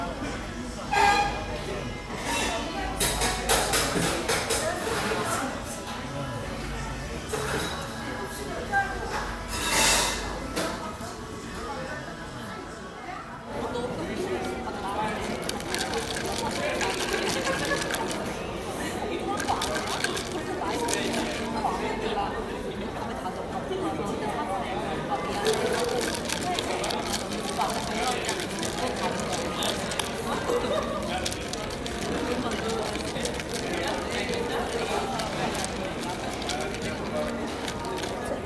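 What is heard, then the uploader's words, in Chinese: A street scene in Seoul, South Korea, full of overlapping voices and chatter that run steadily throughout. Sharp clattering bursts stand out in the first ten seconds, a brief dip comes near thirteen seconds, and a dense murmur of people continues to the end. 韓國首爾（서울）。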